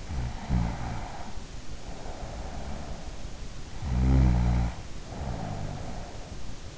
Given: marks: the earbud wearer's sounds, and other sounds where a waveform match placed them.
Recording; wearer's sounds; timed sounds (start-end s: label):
sounds in sleep by an in-ear microphone; snoring breath
0.00-3.00 s: snoring breath
3.89-6.18 s: snoring breath